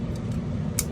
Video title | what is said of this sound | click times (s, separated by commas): Adrenaline Shocker XLS rebuilt Part 5: ASA assembly | Clicks in place. | 0.8 s